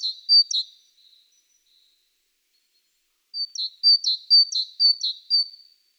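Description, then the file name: Great tit giving repeated two-note phrases, high then lower, a short burst, a silent gap, then a longer regular series. "Parus major"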